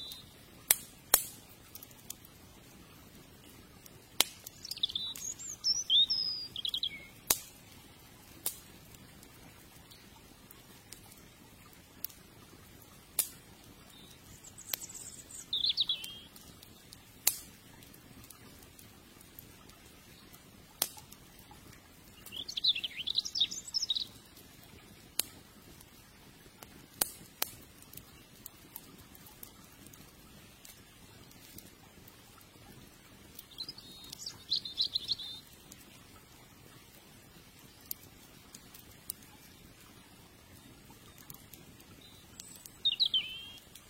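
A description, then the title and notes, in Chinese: A riverside campfire pops with sharp, scattered crackles over a steady low rush, while short bird chirps recur every ten seconds or so. 河边篝火。柴火堆里噼里啪啦的火苗声。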